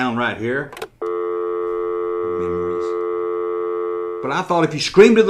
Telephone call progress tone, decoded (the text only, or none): dial tone